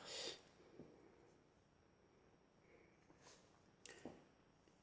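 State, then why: Seated. A plastic upper-body piece of a Goku Sculture Art volume 7 figurine is pressed into the figurine body. A breathy burst of noise opens the clip, followed by soft handling rustles. A sharp click at 3.9 s, followed by a duller knock just after, marks the piece seating into the body.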